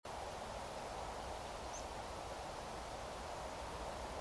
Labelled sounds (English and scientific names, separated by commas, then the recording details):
Meadow Pipit (Anthus pratensis), unidentified sound
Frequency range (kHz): Meadow Pipit (Anthus pratensis) 4.8-7.6 kHz
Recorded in France